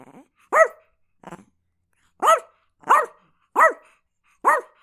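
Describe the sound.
Chihuahua barking in sharp, high yaps with arched harmonics, five loud barks spaced irregularly with a softer short sound between the first two.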